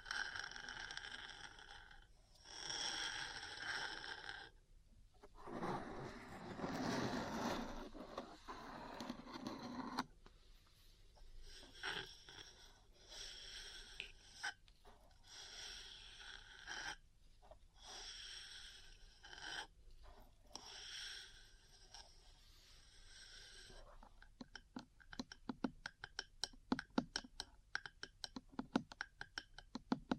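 Metal parts are scraped and rubbed in bursts of a second or two, with short pauses between them and a louder, rougher stretch around six to ten seconds. Over the last several seconds the scratching gives way to quick, sharp metallic taps.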